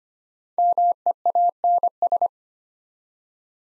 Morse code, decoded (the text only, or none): MEANS